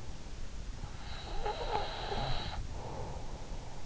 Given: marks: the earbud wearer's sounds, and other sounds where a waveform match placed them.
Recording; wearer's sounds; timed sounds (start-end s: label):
sounds in sleep by an in-ear microphone; breath
0.78-3.69 s: breath